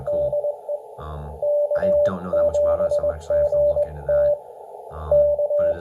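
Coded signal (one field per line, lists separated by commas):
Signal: Morse code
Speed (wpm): 20 wpm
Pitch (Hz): 590 Hz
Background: speech, radio noise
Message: DE K7GT K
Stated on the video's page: Morse on an mcHF QRP software-defined transceiver.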